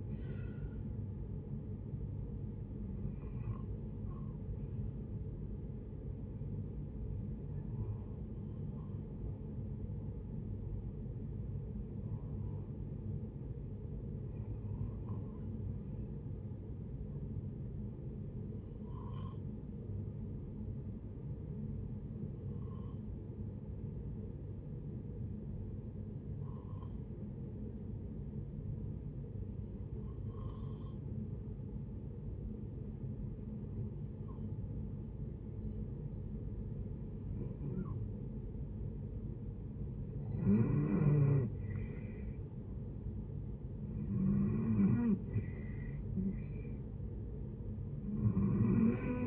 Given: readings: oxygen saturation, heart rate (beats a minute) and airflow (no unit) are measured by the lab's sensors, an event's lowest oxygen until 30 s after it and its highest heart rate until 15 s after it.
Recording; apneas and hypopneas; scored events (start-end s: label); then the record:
breathing in sleep by a smartphone at the bedside; 1
7.00-39.30 s: hypopnea (REM, oxygen 95% highest, then 80% lowest, heart rate 72 at the start, 77 highest)
From the record:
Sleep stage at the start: REM sleep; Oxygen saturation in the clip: 81 to 95%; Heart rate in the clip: 62 to 81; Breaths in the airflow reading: 12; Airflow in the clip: -9.0 to 8.9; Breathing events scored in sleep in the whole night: 496 in 5.4 hours asleep